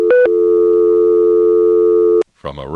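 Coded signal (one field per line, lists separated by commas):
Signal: telephone call progress tone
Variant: North America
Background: speech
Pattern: dial tone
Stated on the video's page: Telephone DTMF and call progress tones from a Step-ESS telephone switching system.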